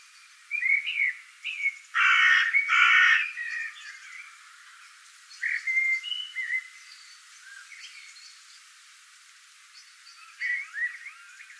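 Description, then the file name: Common blackbird delivering fluted, warbling phrases; two loud, harsh blocks of sound break in early, then further soft whistled phrases follow. "Turdus merula"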